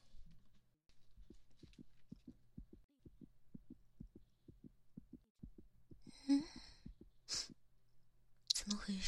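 A child's heart heard through a stethoscope: rapid, regular beats, far faster than normal, with a few brief rustling noises.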